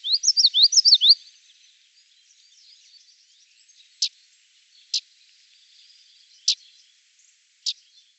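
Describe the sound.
Common yellowthroat, a quick high song phrase followed by four sharp, isolated chip notes spaced a second or more apart.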